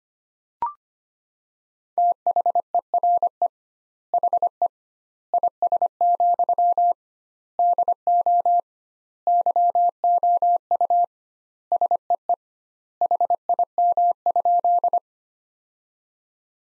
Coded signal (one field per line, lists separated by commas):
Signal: Morse code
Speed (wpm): 25 wpm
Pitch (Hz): 700 Hz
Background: none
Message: THERE HE IS, DO YOU SEE HIM?